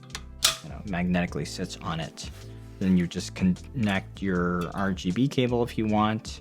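The top shroud unit of a CPU air cooler comes down onto the heat sink and clicks into place with a sharp click at about 0.5 s, sitting on it magnetically. Someone talks over background music for the rest of the clip. The shroud is seated.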